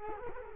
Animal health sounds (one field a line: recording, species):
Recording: mosquito wingbeat signal from an infrared sensor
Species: Culex quinquefasciatus